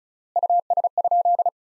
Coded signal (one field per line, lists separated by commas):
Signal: Morse code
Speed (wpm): 36 wpm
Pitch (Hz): 700 Hz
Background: none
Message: US?